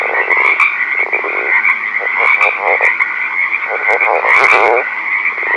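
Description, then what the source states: Northern leopard frog making dense rattling and grunting croaks in quick succession, with a continuous shrill droning hum underneath. Recorded at night.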